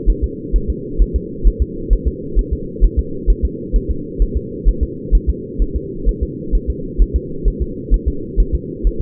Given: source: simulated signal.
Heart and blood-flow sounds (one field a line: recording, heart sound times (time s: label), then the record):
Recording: fetal heart sounds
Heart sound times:
0.10 s: S1
0.24 s: S2
0.56 s: S1
0.70 s: S2
1.02 s: S1
1.16 s: S2
1.47 s: S1
1.62 s: S2
1.93 s: S1
2.08 s: S2
2.39 s: S1
2.53 s: S2
2.85 s: S1
2.99 s: S2
3.30 s: S1
3.45 s: S2
3.76 s: S1
3.91 s: S2
4.22 s: S1
4.37 s: S2
4.69 s: S1
4.83 s: S2
5.15 s: S1
5.30 s: S2
5.62 s: S1
5.76 s: S2
6.09 s: S1
6.23 s: S2
6.55 s: S1
6.70 s: S2
7.02 s: S1
7.16 s: S2
7.48 s: S1
7.62 s: S2
7.94 s: S1
8.08 s: S2
8.40 s: S1
8.55 s: S2
8.87 s: S1
9.01 s: S2
From the record:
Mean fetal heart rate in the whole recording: 130 bpm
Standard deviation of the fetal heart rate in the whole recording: 2 bpm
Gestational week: 36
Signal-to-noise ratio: -4.3 dB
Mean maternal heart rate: 72 bpm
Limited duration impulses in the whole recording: absent